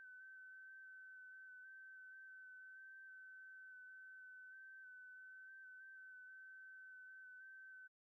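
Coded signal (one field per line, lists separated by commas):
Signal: FT8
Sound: a clean single tone near 1.5 kHz, warbling in small pitch steps for about eight seconds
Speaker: And as far as a uh rig, I'm using the uh FTDX 10 using uh currently 20 watts and the uh preferred antenna right now is the uh Comet CH250 HD vertical.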